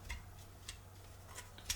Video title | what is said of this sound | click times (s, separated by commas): BCB Fire Dragon Cooker | it locks into place obviously | 1.7 s